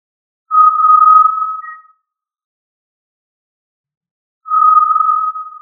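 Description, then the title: Tinamou call: two long, pure whistled notes held on one steady pitch, the first lasting about a second and a half, the second running to the end, with a silent gap of over two seconds between them. "Familia Tinamidae - Quail - Puyuh"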